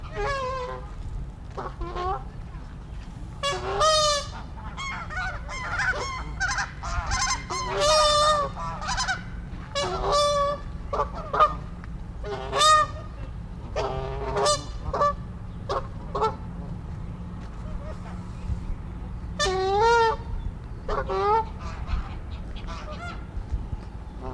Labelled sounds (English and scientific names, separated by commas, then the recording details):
Canada Goose (Branta canadensis)
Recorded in captivity
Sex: pair
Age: adult
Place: Tierpark Berlin, Berlin, DE
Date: 1994-04-08 11:22
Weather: sonnig, 5°C
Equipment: Marantz CP 430, Sennheiser ME 80, Kopie Uher Variocord 263
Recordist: Tembrock, Günter